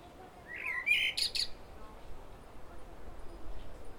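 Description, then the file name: Common blackbird singing one short phrase: a mellow fluted warble followed by a burst of thin, high twitter notes, then only faint background noise. "Turdus merula"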